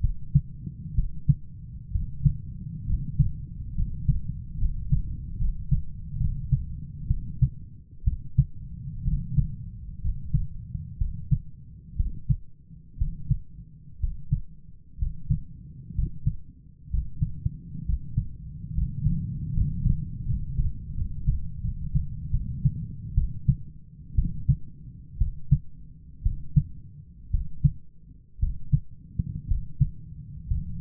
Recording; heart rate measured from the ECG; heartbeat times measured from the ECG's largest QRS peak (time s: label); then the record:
heart sounds by stethoscope; 65 bpm
0.94 s: heartbeat
1.91 s: heartbeat
2.85 s: heartbeat
3.74 s: heartbeat
4.57 s: heartbeat
5.37 s: heartbeat
6.17 s: heartbeat
7.07 s: heartbeat
8.04 s: heartbeat
9.04 s: heartbeat
10.01 s: heartbeat
10.97 s: heartbeat
11.96 s: heartbeat
12.97 s: heartbeat
13.99 s: heartbeat
14.98 s: heartbeat
15.94 s: heartbeat
16.89 s: heartbeat
17.85 s: heartbeat
18.73 s: heartbeat
19.52 s: heartbeat
20.25 s: heartbeat
20.94 s: heartbeat
21.61 s: heartbeat
22.30 s: heartbeat
23.14 s: heartbeat
24.15 s: heartbeat
25.17 s: heartbeat
26.22 s: heartbeat
27.30 s: heartbeat
28.39 s: heartbeat
29.47 s: heartbeat
30.47 s: heartbeat
From the record:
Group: healthy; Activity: rest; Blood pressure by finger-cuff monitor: 122/71 mmHg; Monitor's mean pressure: 87 mmHg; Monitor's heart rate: 62 bpm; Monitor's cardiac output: 7.3 L/min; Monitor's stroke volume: 111 mL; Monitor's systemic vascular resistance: 890 dyn s/cm5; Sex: male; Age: 23 years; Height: 178 cm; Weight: 96.6 kg